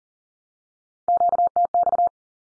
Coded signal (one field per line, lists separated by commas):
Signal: Morse code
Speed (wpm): 40 wpm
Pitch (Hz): 700 Hz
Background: none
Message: QTX